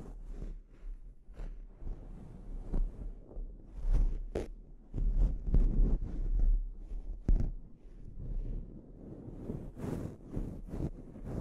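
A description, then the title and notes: Scalp treatment, heard as irregular rubbing and scratching against a steady low rumble. The friction comes in uneven bursts, busiest between four and seven seconds, with a few sharp, bright scrapes or clicks near four, seven and ten seconds. ASMR Sleep Inducing Scalp Treatment (No Talking).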